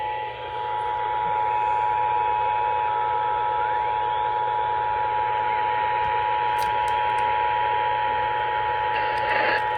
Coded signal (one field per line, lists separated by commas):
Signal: Emergency Alert System (SAME) tones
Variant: 853 and 960 Hz attention tone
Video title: Flash Flood Warning on KTRH-AM - KTEK-AM - KHJK-FM - KYAZ-TV (EAS#3,881 - #3,884)